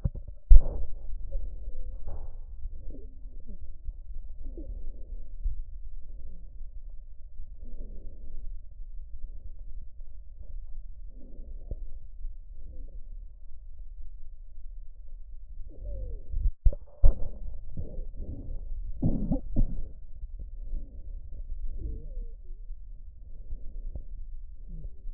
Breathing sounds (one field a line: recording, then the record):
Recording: lung sounds by stethoscope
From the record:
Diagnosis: chronic bronchitis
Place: left posterior upper chest